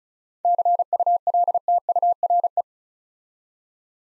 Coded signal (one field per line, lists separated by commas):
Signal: Morse code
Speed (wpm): 36 wpm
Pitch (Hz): 700 Hz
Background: none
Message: CULTURE